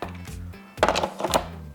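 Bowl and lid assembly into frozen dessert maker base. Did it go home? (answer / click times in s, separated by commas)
yes / 0.8 s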